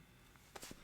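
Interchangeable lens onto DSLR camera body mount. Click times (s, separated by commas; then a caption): 0.6 s. An interchangeable lens is fitted onto a Nikon D3400 DSLR camera's bayonet mount with the white dots lined up, then twisted counterclockwise. After a faint scrape at 0.4 s, a sharp click at 0.6 s is followed by a couple of softer rattles. The lens is seated and locked into place.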